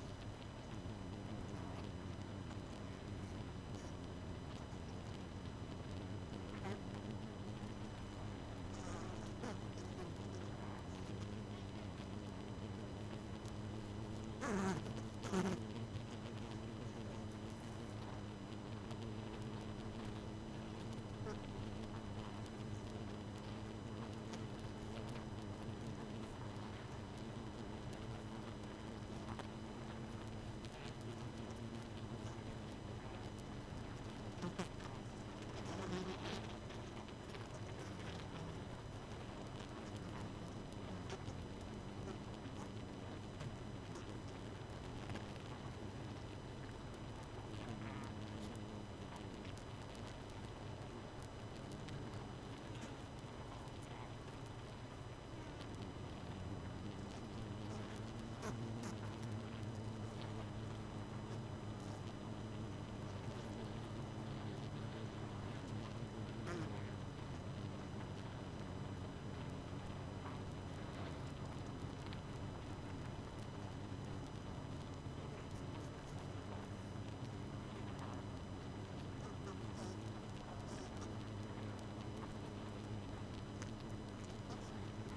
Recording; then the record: honeybee colony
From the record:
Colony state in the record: missing queen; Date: 31 May 2018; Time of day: 22:33